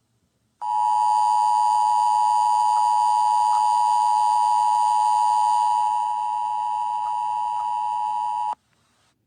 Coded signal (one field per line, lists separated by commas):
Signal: Emergency Alert System (SAME) tones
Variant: 853 and 960 Hz attention tone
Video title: EAS Scenario The Tower of Power